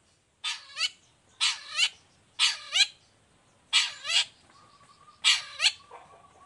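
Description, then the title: Long-tailed shrike calls: doubled harsh nasal notes given every second or so, each dropping then rising, with a faint steady tone behind the last calls. Long-tailed shrike in full song during the morning, with a varied repertoire including 'toet toet' notes and a clear voice. "Cendet Gacor Dor Di Kala Pagi Toet Toet Variasi Suara. Cendet Gacor Suara Jernih Full Variasi"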